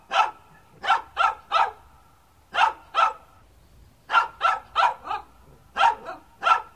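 Dog barking: sharp barks in quick bursts with short pauses between groups, about a dozen barks in all.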